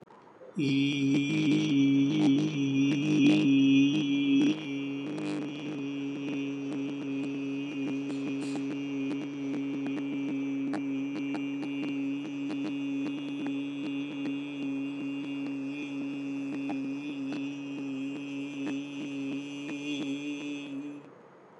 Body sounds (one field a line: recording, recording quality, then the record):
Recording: sustained vowel as in beet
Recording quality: excellent, no background noise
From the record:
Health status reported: healthy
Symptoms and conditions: hypertension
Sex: male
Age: 52 years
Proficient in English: yes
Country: India